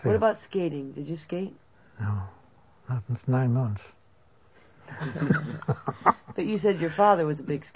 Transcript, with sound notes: What about skating? Did you skate?
No. Not with nine months. (laughs)
But you said your father was a big skater.